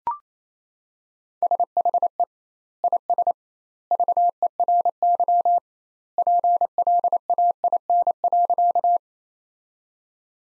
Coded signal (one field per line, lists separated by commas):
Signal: Morse code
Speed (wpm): 28 wpm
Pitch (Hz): 700 Hz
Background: none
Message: SHE IS VERY PLAIN.